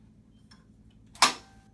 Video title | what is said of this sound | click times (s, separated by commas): Stigo Electric Scooter UK Review | Click. Nice audible click. And it's position. | 1.2 s